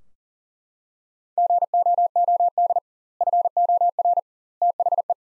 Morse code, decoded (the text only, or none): GOOD FOR THE